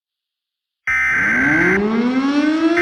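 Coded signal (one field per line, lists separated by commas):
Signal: Emergency Alert System (SAME) tones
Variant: header bursts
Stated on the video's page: SAME tones in a fictional EAS scenario about a tornado outbreak, not a real alert.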